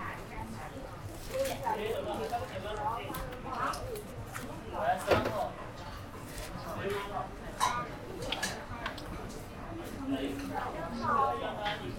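Going to Xiang'er Hutong to eat small noodles: speech runs through most of the clip in short bursts, with a steady low murmur of background voices and clatter beneath. Brief sharper clinks and knocks land around five, eight and eleven seconds.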